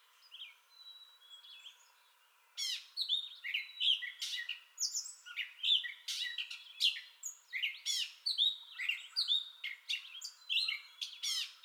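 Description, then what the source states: Gray catbird song starting with a few soft notes, then bursting into loud, rapid, varied squeaky and scratchy phrases that continue to the end. Entire song bout, recorded 30 May 2021.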